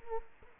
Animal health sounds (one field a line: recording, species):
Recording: mosquito wingbeat signal from an infrared sensor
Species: Culex quinquefasciatus